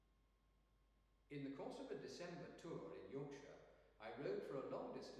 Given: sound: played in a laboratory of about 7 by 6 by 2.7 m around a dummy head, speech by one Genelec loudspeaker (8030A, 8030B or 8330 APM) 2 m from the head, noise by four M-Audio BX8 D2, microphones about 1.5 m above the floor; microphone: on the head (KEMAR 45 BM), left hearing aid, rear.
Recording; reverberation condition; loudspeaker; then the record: male speech in English; high; 60 degrees to the left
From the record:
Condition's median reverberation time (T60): about 1300 ms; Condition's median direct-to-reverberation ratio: about -4.0 dB